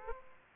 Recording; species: mosquito wingbeat signal from an infrared sensor; Aedes aegypti